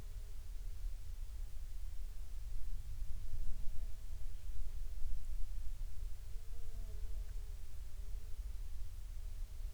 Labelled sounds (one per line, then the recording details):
insects
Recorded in the Prudhoe Bay oil fields, Alaska, on 15 July 2019 at 00:52
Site 13